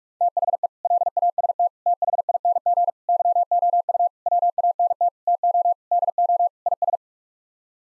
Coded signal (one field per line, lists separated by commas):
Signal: Morse code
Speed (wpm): 43 wpm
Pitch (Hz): 700 Hz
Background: none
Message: THE LAST THING YOU WANT TO DO IS